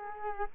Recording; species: mosquito wingbeat signal from an infrared sensor; Culex quinquefasciatus